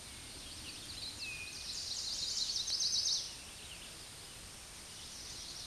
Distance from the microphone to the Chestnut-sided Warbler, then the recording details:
about 65 m. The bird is about 20 m above the microphone. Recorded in a Pennsylvania forest on 16 May 2024 at 09:38. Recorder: AudioMoth, point MSD-2304. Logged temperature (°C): 16.0 °C. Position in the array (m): 150 m, 168 m